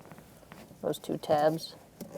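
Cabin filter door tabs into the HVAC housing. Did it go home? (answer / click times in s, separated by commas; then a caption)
no / none. The two plastic tabs of the cabin air filter access door are handled against the HVAC housing of a 2013-2022 Buick Encore 1.4L L4 while someone talks, with only faint handling taps around them. Nothing has seated or clicked yet.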